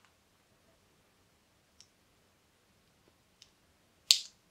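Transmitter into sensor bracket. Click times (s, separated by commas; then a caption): 4.1 s. A plastic Dexcom G5 CGM transmitter is pushed into its sensor bracket, with faint small clicks at about 1.8 s and 3.4 s. A loud, sharp snap at 4.1 s is the second side of the transmitter clicking home, leaving it seated and installed.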